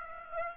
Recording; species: mosquito wingbeat signal from an infrared sensor; Aedes aegypti